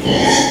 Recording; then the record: squeal of a Yucatan mini pig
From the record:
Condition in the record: before surgery on the right vocal fold (resection and tissue-engineered implant); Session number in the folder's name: 2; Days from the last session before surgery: 0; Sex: male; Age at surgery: 12 weeks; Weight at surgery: 13 kg